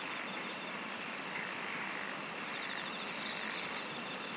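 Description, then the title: Insects pulsing about four times a second, with a louder, clear high trill from three to nearly four seconds over the background chorus. "SINGING OF INSECTS"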